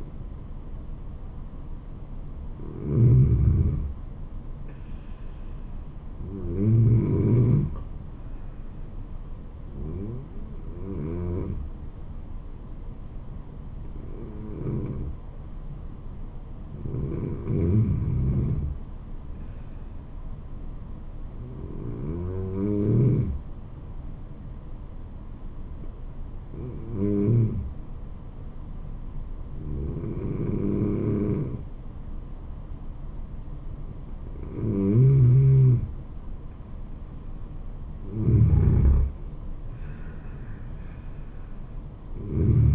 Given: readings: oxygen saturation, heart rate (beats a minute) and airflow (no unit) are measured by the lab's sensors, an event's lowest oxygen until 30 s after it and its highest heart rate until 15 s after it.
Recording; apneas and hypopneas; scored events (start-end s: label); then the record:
breathing in sleep by a smartphone at the bedside; 1
11.00-37.20 s: hypopnea (N1, oxygen 96% highest, then 90% lowest, heart rate 79 at the start, 79 highest)
22.00-42.75 s: new sleep stage, N2 (light sleep)
From the record:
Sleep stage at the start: N1 (lightest sleep); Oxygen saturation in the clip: 84 to 96%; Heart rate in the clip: 72 to 80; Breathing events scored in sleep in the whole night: 426 in 7.4 hours asleep